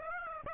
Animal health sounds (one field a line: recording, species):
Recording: mosquito wingbeat signal from an infrared sensor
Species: Aedes aegypti